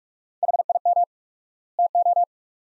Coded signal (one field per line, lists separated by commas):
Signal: Morse code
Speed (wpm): 46 wpm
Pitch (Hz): 700 Hz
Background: none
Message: HIM TO